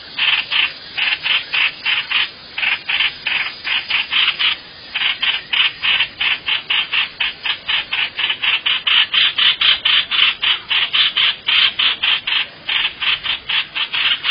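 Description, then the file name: Bird calls: a long fast series of rough, rasping notes with only brief pauses. "tieng chim hoanh hoach"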